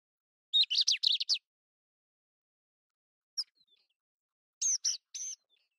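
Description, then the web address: Pied wheatear giving a rapid burst of scratchy, high chirps, a lone sharp tick, then a few harsh buzzy notes; quiet between phrases. "Pied wheatear. صدای-چكچک-ابلق"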